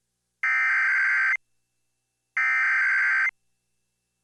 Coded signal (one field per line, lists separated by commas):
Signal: Emergency Alert System (SAME) tones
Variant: header bursts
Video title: EAS Tornado Warning Beltrami County, Minnesota (Tornado On The Ground!) NOAA Weather Radio